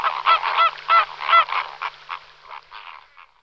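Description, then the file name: Flamingo honks: several loud nasal goose-like calls in quick succession, then softer, scattered honks and grunts trailing off into quiet. "fenicottero"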